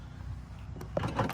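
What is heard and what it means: A power tailgate latch on a 2015–2021 Ford F-150 pickup, stuck and not opening, gets pressure on its stuck side while the button is pressed. A faint snap comes at 0.8 s, then the latch clicks at 1.0 s, followed by a burst of mechanical rattling, and someone talks briefly. The latch releases and the tailgate opens.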